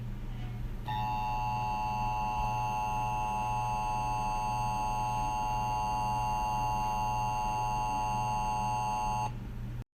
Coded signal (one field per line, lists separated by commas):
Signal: Emergency Alert System (SAME) tones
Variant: 853 and 960 Hz attention tone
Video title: EAS Scenario 2: EF6 (CREDITS TO ALL THE SOUNDS/VIDEOS I USED IN THE DESC)